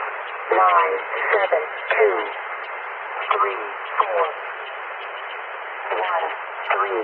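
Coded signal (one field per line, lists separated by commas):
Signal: numbers station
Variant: E05 Cynthia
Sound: short spoken words, apparently numbers, at intervals over radio static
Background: radio static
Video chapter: 10:37 - Agent 114 041507z Jan 1998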